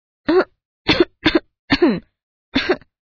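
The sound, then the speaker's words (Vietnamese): Five short, light coughs and throat-clearing sounds from a woman, each a brief raspy burst with a voiced edge, coming in an uneven rhythm with pauses between them and no talking. “Nàng húng hắng hò hai ba bận, cốt để cho chú hoàng tử ấy nấy, cảm thấy là mình có lỗi.”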